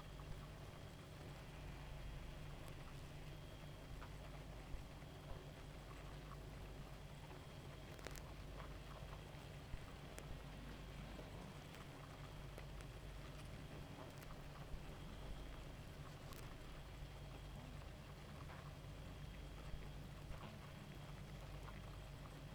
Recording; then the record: honeybee colony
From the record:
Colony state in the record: active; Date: 28 July 2017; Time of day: 0:43